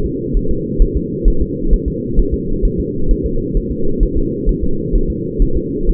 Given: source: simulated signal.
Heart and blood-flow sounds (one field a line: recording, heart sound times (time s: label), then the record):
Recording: fetal heart sounds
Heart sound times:
0.06 s: S2
0.37 s: S1
0.51 s: S2
0.82 s: S1
0.97 s: S2
1.28 s: S1
1.42 s: S2
1.74 s: S1
1.88 s: S2
2.19 s: S1
2.34 s: S2
2.65 s: S1
2.80 s: S2
3.11 s: S1
3.26 s: S2
3.57 s: S1
3.72 s: S2
4.03 s: S1
4.18 s: S2
4.49 s: S1
4.63 s: S2
4.95 s: S1
5.10 s: S2
5.42 s: S1
5.57 s: S2
5.89 s: S1
From the record:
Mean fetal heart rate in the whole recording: 130 bpm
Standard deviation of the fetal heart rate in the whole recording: 2 bpm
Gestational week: 38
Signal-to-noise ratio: -8.1 dB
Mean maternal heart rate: 72 bpm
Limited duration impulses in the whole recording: absent